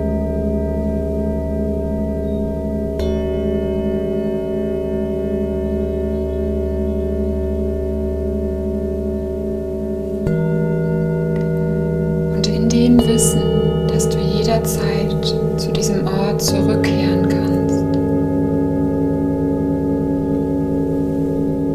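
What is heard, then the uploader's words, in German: Singing bowls ring with long, overlapping tones that hum steadily through the whole clip, their low drone underneath and clear higher tones above. Fresh strikes add new tones near 3, 10, 13 and 16 seconds, and brief bright, rustling sounds flicker between about 12 and 17 seconds. Begleitet von den Schwingungen der Klangschalen.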